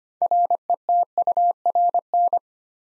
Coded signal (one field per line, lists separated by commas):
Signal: Morse code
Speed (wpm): 25 wpm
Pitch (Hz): 700 Hz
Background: none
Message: RETURN